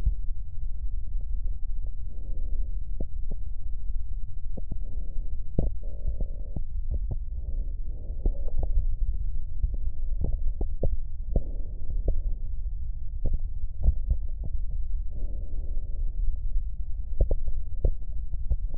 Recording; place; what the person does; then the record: lung sounds by stethoscope; right posterior basal chest; quiet breathing, then deep breathing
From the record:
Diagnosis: interstitial lung disease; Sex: female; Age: 74 years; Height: 150 cm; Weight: 69.8 kg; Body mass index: 31.0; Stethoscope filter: extended mode